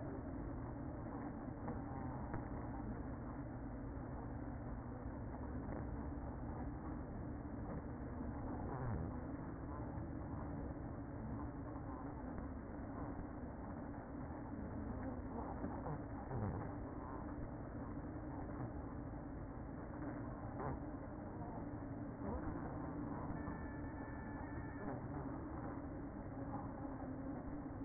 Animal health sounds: honeybee colony, microphone inside the hive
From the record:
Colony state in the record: queen present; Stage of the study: after two queens were removed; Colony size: about 60,000 bees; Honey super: yes

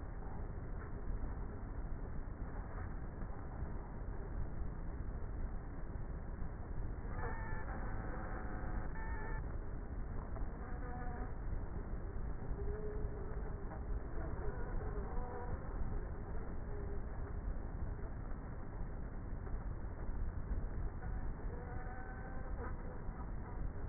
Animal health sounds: honeybee colony, microphone inside the hive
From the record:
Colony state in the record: queenless with a low population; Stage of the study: before two queens were removed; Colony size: about 30,000 bees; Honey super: no

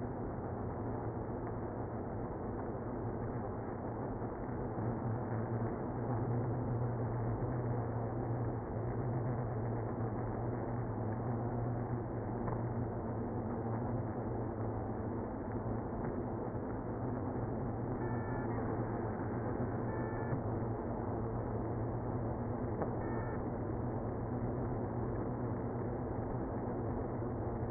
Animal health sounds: honeybee colony, microphone inside the hive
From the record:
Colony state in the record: queenless (queen removed); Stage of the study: after two queens were removed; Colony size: about 60,000 bees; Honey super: yes

